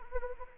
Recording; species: mosquito wingbeat signal from an infrared sensor; Anopheles arabiensis